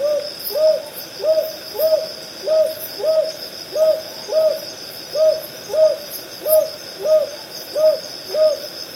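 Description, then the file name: Northern boobook giving low, even hoots in steady pairs, about a dozen notes across the stretch, over a constant high insect hum. "aobazuku"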